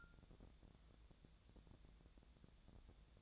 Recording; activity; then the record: daily activity, microphone in the room; take from stove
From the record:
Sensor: 3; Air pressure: 999.9 hPa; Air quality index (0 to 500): 126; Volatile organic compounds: 2 ppm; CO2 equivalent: 1132 ppm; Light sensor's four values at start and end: 40/102/44/48 and 41/103/44/48